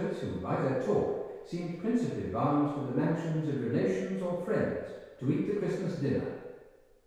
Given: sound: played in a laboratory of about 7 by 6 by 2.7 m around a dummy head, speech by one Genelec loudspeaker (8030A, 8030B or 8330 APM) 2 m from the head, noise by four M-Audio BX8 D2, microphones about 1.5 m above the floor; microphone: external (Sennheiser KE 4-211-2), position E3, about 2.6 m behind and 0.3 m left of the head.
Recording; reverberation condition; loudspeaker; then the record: male speech in English; high; 150 degrees to the left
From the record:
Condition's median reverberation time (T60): about 1300 ms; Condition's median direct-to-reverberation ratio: about -4.0 dB